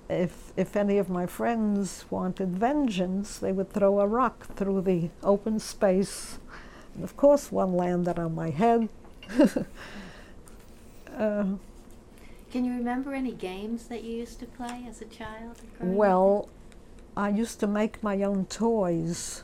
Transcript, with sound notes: if any of my friends wanted vengeance, they would throw a rock through the open space and, of course, one landed on my head. (She laughs.)
Can you remember any games that you used to play as a child?
Well, I used to own toys